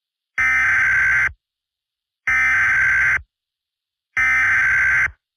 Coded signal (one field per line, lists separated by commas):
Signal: Emergency Alert System (SAME) tones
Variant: header bursts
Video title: MARACKTA- EAS SCENARIO/ANALOG HORROR